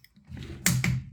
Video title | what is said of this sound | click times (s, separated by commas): My Daughter's First Time Wrenching and First Cruise-In | hear that click | 0.7 s